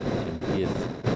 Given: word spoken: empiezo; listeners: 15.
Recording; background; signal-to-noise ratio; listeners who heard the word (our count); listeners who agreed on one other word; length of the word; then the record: one Spanish word in noise, from a listening test; noise modulated by three-talker babble; -3.9 dB; 2 of 15; 6 of 15; 0.76 s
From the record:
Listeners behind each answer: 6, 5, 2, 1, 1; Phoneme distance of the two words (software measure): 10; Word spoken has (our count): 3 syllables, 7 phonemes, stress on syllable 2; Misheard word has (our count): 3 syllables, 7 phonemes, stress on syllable 2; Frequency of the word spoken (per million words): 4.75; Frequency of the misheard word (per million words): 52.17